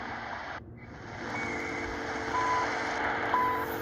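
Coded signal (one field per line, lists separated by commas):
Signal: radio time signal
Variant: CHU Canada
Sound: shortwave hiss with two short 1 kHz tick tones about one second apart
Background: radio static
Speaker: Alright, now CHU 3330. It's there.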